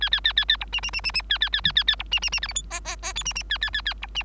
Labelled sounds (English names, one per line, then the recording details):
Bengalese Finch song
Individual Bird3